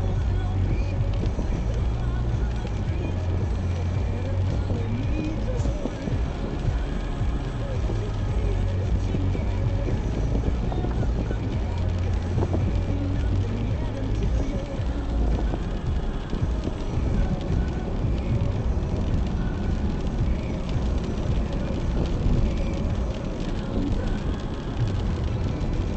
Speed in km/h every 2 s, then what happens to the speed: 41, 40, 38, 41, 45, 47, 50, 54, 57, 60, 62, 63, 62.
4-18 speeds up to 60. 18-26 steady at about 62.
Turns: none.